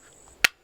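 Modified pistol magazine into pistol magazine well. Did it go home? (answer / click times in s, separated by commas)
yes / 0.4 s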